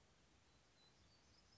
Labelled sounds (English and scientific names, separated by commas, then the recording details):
Black-throated Gray Warbler (Setophaga nigrescens)
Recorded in Sonoma County, California